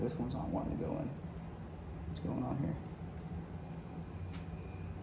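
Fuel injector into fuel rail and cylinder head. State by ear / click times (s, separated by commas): not seated / none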